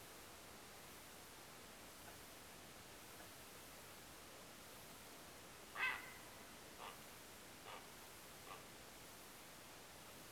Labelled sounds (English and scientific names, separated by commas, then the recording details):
Grey Heron (Ardea cinerea)
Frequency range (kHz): Grey Heron (Ardea cinerea) 0.4-5.3 kHz
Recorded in France